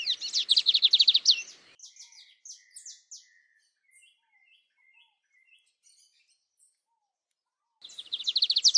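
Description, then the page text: Lined seedeater song: a fast buzzy trill of rapid notes, then a string of short thin chips, and the rapid trill returning near the end. "BIGODINHO (Sporophila Lineola)"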